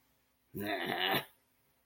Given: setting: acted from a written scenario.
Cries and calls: vocal sound without words; contempt

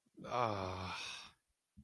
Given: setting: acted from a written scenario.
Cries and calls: vocal sound without words; distress

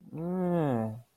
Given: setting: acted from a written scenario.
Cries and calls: vocal sound without words; confusion

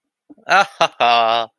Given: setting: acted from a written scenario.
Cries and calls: vocal sound without words; adoration

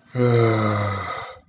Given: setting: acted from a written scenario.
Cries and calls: vocal sound without words; embarrassment

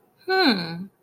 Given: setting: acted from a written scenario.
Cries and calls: vocal sound without words; interest

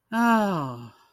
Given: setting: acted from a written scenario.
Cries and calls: vocal sound without words; relief

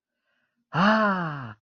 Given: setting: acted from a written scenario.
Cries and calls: vocal sound without words; ecstasy

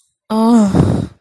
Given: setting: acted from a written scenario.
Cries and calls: vocal sound without words; negative surprise

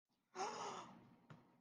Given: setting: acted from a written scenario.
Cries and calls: vocal sound without words; awe

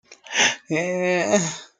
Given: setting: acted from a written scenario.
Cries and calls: vocal sound without words; embarrassment

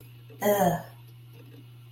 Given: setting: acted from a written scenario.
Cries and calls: vocal sound without words; contempt

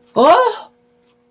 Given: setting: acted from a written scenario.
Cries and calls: vocal sound without words; negative surprise

